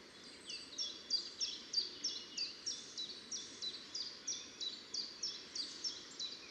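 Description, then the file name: Eurasian nuthatch giving a rapid, steady series of sharp, high notes, with a soft background hiss. "Sitta europaea"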